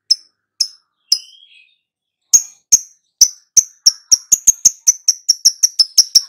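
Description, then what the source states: Lovebird trill: three spaced high chips and a soft squeak, then ticks that quicken steadily into a fast rattling series. Prompting recording meant to get a lovebird to answer and sing loudly and continuously.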